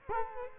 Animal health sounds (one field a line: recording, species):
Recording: mosquito wingbeat signal from an infrared sensor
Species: Culex quinquefasciatus